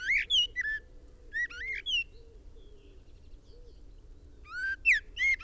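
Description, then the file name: Common blackbird giving loud, quick whistled notes that rise and fall in three bursts, with soft low cooing-like sounds repeating in the background beneath a steady hum. "Turdus merula"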